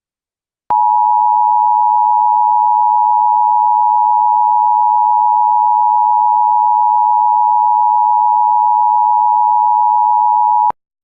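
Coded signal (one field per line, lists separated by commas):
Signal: Emergency Alert System (SAME) tones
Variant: 853 and 960 Hz attention tone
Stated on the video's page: Simulated winter weather EAS alert for an ice storm in Eastern Oklahoma, using valid EAS tones.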